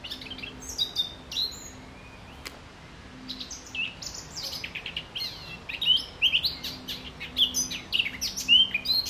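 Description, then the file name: Eurasian blackcap song: fast, varied warbling phrases with sharp high notes and a few clear whistles, broken by a short quiet gap, then a richer, denser burst near the end. "Sylvia atricapilla"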